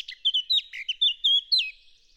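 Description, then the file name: Eurasian blackcap singing a loud, rich flourish of pure whistled notes, several sharp downslurred phrases in quick succession, then fading into soft chatter. "Sylvia atricapilla"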